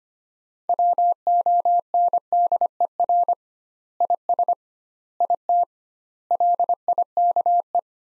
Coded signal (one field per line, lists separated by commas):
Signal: Morse code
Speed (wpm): 25 wpm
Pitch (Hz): 700 Hz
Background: none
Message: WONDER IS IT LIKE